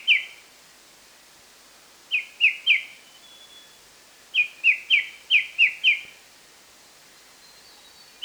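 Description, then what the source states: White-browed shrike-babbler song: short bursts of three to six loud, slightly descending whistled notes, phrases separated by a couple of seconds of quiet hiss. Recorded 1 March 2008.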